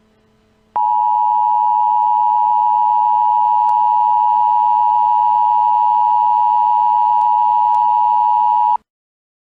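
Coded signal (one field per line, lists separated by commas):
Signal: Emergency Alert System (SAME) tones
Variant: 853 and 960 Hz attention tone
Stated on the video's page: Made-up fictional warning, not a real alert.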